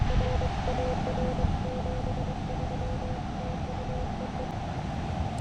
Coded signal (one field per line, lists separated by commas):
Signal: Morse code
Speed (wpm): 23 wpm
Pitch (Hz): 510 Hz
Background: none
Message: R AR 73 TU EE